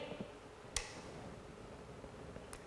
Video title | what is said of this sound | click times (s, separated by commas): Optical Microscopes (Part 2) Difference: Low Power and High Power Magnification | onto the center of the stage when is that there you hear a click | 0.8 s